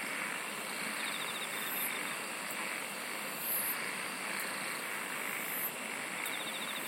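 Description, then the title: Insects trilling: a rapid pulsed trill early on and again near the end, with a few very high buzzy bursts, over a steady dense hiss. "SINGING OF INSECTS"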